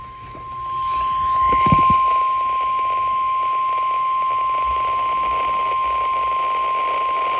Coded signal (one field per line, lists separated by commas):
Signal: Emergency Alert System (SAME) tones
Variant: 1050 Hz attention tone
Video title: idk anymore: EAS#317-351 (EAS Alerts from 5/29-5/30)